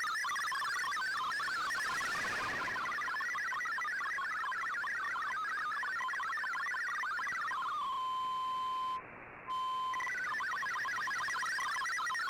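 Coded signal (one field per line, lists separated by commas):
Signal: multi-tone FSK (Olivia or MFSK type)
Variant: MFSK32/MFSK64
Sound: fast warbling, hopping tones; a steady tone, a short silence, then warbling resumes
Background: radio static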